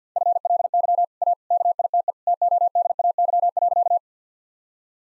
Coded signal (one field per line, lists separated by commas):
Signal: Morse code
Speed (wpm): 47 wpm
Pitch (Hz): 700 Hz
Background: none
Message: FLY A KITE TODAY.